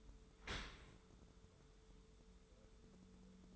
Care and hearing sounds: daily activity, microphone in the room; open dishwasher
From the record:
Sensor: 3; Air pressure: 1015.0 hPa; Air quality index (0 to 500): 37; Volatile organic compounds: 1 ppm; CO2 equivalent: 572 ppm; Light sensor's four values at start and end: 12/26/11/11 and 11/26/11/11

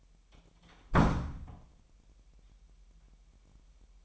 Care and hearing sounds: daily activity, microphone in the room; close door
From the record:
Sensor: 1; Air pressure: 998.5 hPa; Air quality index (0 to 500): 130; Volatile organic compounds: 4 ppm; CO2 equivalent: 1552 ppm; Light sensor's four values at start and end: 19/63/25/26 and 19/63/25/26

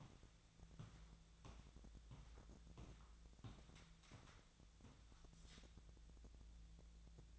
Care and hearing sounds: daily activity, microphone in the room; walk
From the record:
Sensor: 3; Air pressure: 1012.1 hPa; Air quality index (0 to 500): 185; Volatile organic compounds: 3 ppm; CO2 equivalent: 1416 ppm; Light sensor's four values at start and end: 54/144/62/66 and 53/140/61/64

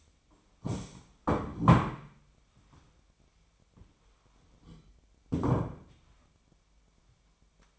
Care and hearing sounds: daily activity, microphone in the room; stand up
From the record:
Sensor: 1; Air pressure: 1008.0 hPa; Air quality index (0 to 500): 192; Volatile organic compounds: 17 ppm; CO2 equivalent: 2598 ppm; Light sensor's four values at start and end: 13/33/13/14 and 13/32/13/14

